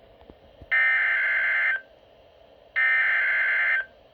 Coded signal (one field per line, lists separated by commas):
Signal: Emergency Alert System (SAME) tones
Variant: header bursts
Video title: Severe Thunderstorm Warning (EAS #46)